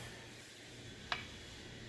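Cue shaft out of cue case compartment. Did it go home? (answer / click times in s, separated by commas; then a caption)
released / 1.1 s. A cue shaft is pulled out of its compartment in a foam-lined cue case, giving a single small, sharp click at 1.1 s over a quiet, steady background. The click is harmless and the shaft comes free of the case.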